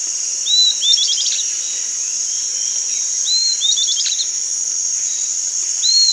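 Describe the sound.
Bird giving two high phrases, each a sliding whistle followed by rapid chipping notes, and the start of another, with a constant shrill insect buzz throughout.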